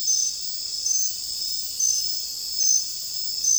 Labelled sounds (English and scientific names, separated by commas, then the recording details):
none
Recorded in secondary vegetation near Puerto Asís, Putumayo, Colombia, on 26 December 2024 at 01:00
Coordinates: 0.484, -76.319
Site GP06